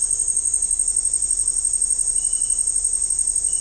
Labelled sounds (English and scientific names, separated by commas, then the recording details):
none
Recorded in dense forest near Puerto Asís, Putumayo, Colombia, on 20 December 2024 at 17:00
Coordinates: 0.499, -76.324
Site G045